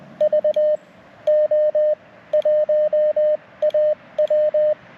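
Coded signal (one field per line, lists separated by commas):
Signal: Morse code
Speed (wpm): 20 wpm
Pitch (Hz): 610 Hz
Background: radio noise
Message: VO1AW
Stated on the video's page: Morse park activation (POTA) made on a bicycle outing.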